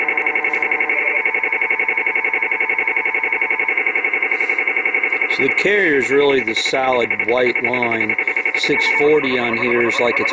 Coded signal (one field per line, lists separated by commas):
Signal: dial-up modem handshake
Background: speech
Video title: 1640 khz WTNI AM radio weird modulation Feb 9 2020 Icom 7300